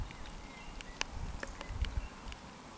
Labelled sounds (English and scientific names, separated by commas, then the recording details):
Eurasian Woodcock (Scolopax rusticola) whistle
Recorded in Baden-Württemberg, Germany, on 14 June 2020 at 19:30 UTC
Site 14569, 102 m above sea level